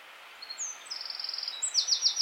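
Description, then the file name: Eurasian wren giving a high thin note, then a fast even trill that rises into louder rattling notes, over a soft hiss. "Troglodytes troglodytes"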